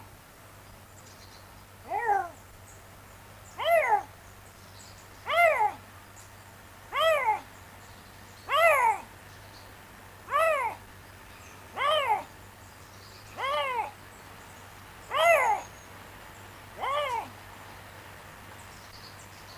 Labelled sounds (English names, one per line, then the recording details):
Eurasian Lynx call
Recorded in captivity
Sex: male
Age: adult
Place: Zoo Rostock, Mecklenburg-Vorpommern, DE
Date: 1984-02-04 13:21
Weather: overcast, 3-6°C
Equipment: Nagra SN, Kopie Uher 4000 Report Monitor
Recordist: Tembrock, Günter
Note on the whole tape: Nordischer Luchs: Rufreihen